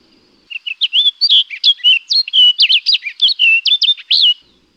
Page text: Orchard Oriole. Quick Sounds